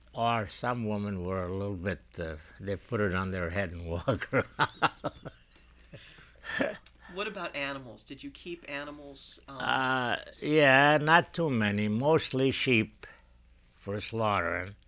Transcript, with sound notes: or some women were a little bit, uh, they put it on their head and walk. ( he laughs )
What about animals? Did you keep animals?
Uh, yeah, not too many. Mostly sheep for slaughter.